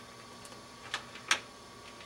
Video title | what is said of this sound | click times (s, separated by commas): Testing & replacing the PC's power supply | can feel it click in there just like that | 0.9 s, 1.3 s